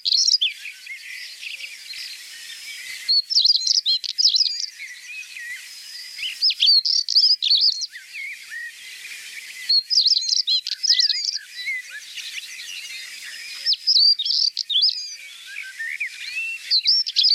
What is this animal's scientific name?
Saxicola rubicola